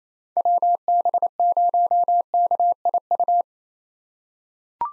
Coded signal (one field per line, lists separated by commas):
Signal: Morse code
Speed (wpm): 28 wpm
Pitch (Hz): 700 Hz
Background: none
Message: WB0KIU